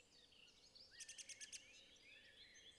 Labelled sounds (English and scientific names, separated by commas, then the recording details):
Common Blackbird (Turdus merula)
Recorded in Germany
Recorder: ecoPi